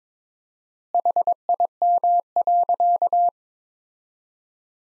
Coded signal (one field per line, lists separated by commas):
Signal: Morse code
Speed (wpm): 21 wpm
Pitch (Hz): 700 Hz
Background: none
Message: HIM.